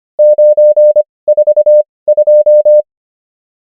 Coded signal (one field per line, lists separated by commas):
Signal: Morse code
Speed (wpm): 25 wpm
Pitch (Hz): 600 Hz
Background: none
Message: 942